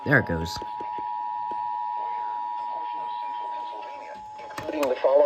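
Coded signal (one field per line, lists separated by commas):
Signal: Emergency Alert System (SAME) tones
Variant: 853 and 960 Hz attention tone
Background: speech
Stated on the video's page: Flood warning tones relayed on NOAA weather radio and FM broadcast stations.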